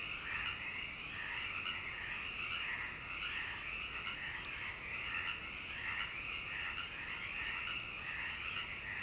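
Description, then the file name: Frog chorus of many overlapping trilling croaks, continuous and even. "me froggies"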